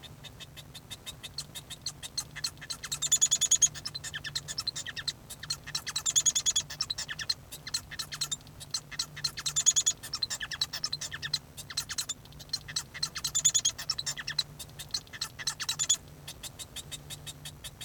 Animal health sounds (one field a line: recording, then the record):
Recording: song of a male Bengalese finch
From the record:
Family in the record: son of father 1